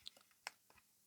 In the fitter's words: nice positive little click.